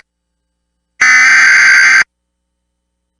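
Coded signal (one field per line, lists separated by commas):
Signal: Emergency Alert System (SAME) tones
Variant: header bursts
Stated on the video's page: EAS tones on NOAA Weather Radio for a PDS Severe Thunderstorm Watch covering nearly all of Wisconsin, shown with WeatherSTAR 4000.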